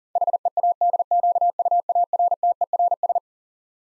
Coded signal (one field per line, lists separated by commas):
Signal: Morse code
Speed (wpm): 37 wpm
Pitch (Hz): 700 Hz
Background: none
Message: HEADQUARTERS